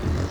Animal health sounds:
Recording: contact call of a hoofed animal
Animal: wild boar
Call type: grunt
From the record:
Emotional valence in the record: positive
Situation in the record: naturally occurring affiliative interactions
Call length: 0.31 s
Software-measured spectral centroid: 2060 Hz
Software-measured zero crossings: 1200 a second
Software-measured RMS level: -24 dBFS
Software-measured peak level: -13 dBFS

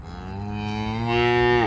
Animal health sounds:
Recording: contact call of a hoofed animal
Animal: cattle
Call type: low-frequency (closed-mouth) or high-frequency (open-mouth) call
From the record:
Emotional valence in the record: negative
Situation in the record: full separation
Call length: 1.67 s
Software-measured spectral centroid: 1780 Hz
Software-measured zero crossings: 1460 a second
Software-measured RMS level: -23 dBFS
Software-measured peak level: -7 dBFS

